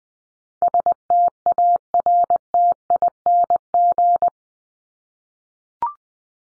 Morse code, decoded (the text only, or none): STARTING